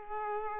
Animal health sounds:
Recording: mosquito wingbeat signal from an infrared sensor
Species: Culex pipiens

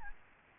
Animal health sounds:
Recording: mosquito wingbeat signal from an infrared sensor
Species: Aedes albopictus

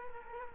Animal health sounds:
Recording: mosquito wingbeat signal from an infrared sensor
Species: Culex quinquefasciatus

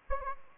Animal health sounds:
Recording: mosquito wingbeat signal from an infrared sensor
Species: Anopheles gambiae

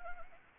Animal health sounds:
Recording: mosquito wingbeat signal from an infrared sensor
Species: Anopheles arabiensis

